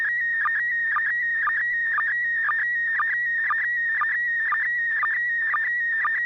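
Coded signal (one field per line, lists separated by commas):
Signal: SSTV (slow-scan television)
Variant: PD120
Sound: steady warbling whistle near 2 kHz, chirping down every half second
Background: low mains hum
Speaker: I'll turn it over to you and see if you have something ready to send uh go ahead over okay this is pd120 n6 pgq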